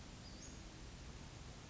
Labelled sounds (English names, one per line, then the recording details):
Western Flycatcher
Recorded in Sonoma County, California